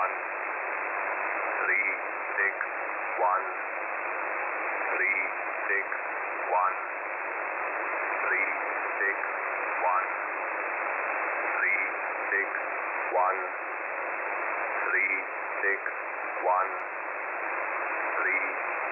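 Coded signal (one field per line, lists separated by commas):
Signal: numbers station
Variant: E07, English man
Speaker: I believe this particular signal the English man I think is called it yo 7 as the designator is coming somewhere out of Russia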